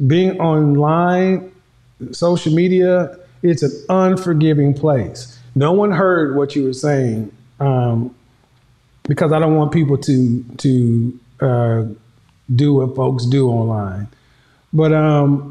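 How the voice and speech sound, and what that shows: An adult man speaks clearly at an ordinary pace with natural pauses and one brief repetition; his speech is typical.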